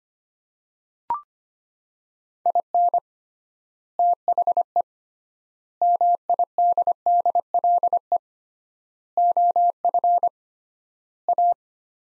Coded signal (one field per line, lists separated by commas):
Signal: Morse code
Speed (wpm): 25 wpm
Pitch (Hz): 700 Hz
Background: none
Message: IN THE MIDDLE OF A